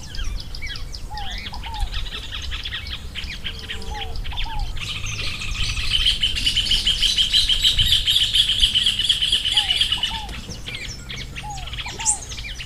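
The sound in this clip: Rufous hornero calls: a loud, fast, rattling series of sharp notes running for several seconds, with scattered short whistled notes before and after.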